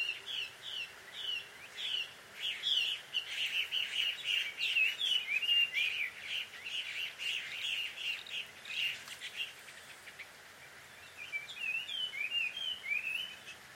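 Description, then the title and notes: Bird calls, dense scratchy chirping and squeaky warbled notes for several seconds, then a pause, then a fresh bout of chirps. Bird pair quarrelling at dusk in Takao, Japan. "鳥の夫婦喧嘩 – Birds Quarrel At Dusk. Recorded in Takao Japan"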